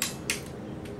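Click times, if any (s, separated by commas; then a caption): 0.0 s, 0.3 s. A click-type torque wrench tightens the main cap bolts on an engine crankshaft to the second step of 56 ft-lb. Sharp metallic clicks sound at 0.0 s and 0.3 s, with a fainter tick near the end, confirming the wrench has reached its torque setting. The words in the clip are none, so no talk. Let me fix that last line: A click-type torque wrench tightens the main cap bolts on an engine crankshaft to the second step of 56 ft-lb. Sharp metallic clicks sound at 0.0 s and 0.3 s, with a fainter tick near 1.1 s, confirming the wrench has reached its torque setting.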